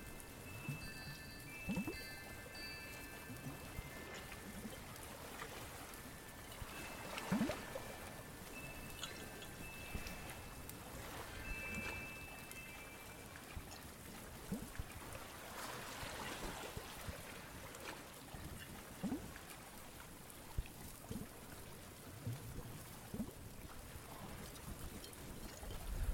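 A day at the beach: a steady wash of noise runs throughout, with scattered soft knocks and taps. Bright chime tones ring in short clusters near the start and again around seven to thirteen seconds, then fade, leaving the even hiss.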